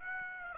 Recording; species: mosquito wingbeat signal from an infrared sensor; Aedes aegypti